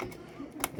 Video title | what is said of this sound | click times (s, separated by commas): Beginner's PC Build Guide | push it in and i don't know if you heard the click but it clicked in and that's how you know you're good | 0.6 s